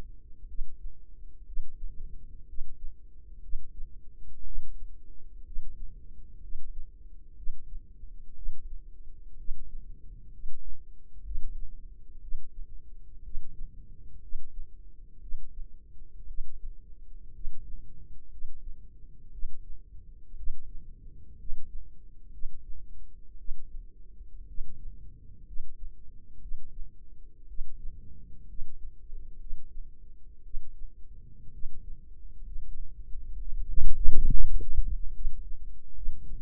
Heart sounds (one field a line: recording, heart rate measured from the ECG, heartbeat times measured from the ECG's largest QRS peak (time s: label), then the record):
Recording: heart sounds by microphone in the left ear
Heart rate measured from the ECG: 61 bpm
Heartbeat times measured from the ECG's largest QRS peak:
0.46 s: heartbeat
1.45 s: heartbeat
2.46 s: heartbeat
3.40 s: heartbeat
4.43 s: heartbeat
5.43 s: heartbeat
6.40 s: heartbeat
7.35 s: heartbeat
8.34 s: heartbeat
9.36 s: heartbeat
10.30 s: heartbeat
11.23 s: heartbeat
12.20 s: heartbeat
13.22 s: heartbeat
14.20 s: heartbeat
15.19 s: heartbeat
16.26 s: heartbeat
17.32 s: heartbeat
18.29 s: heartbeat
19.30 s: heartbeat
20.35 s: heartbeat
21.36 s: heartbeat
22.30 s: heartbeat
23.36 s: heartbeat
24.46 s: heartbeat
25.44 s: heartbeat
26.39 s: heartbeat
27.46 s: heartbeat
28.46 s: heartbeat
29.37 s: heartbeat
30.42 s: heartbeat
31.50 s: heartbeat
32.43 s: heartbeat
33.37 s: heartbeat
34.28 s: heartbeat
35.12 s: heartbeat
35.93 s: heartbeat
From the record:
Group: healthy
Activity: rest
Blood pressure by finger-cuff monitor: 98/61 mmHg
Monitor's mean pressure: 71 mmHg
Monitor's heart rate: 61 bpm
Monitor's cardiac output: 4.8 L/min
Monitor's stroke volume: 79 mL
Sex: female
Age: 36 years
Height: 163 cm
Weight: 88 kg